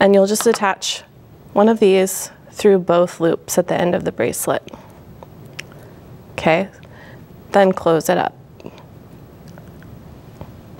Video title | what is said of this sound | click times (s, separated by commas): Using Tila Beads to create Memory Wire Bracelets on Beads, Baubles & Jewels (1806-4) | you hear a little click and you put it back into place and you'll do that for both ends | 10.4 s